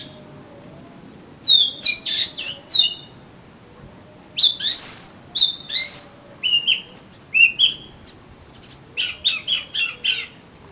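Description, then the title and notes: Oriental magpie-robin song: separate phrases of loud whistles, slurred notes and harsh buzzy chirps, with gaps between them. Indonesian name kacer; a collection of kacer bird sounds. "suara kacer. kumpulan suara burung kacer"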